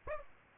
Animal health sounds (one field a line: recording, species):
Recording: mosquito wingbeat signal from an infrared sensor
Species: Aedes aegypti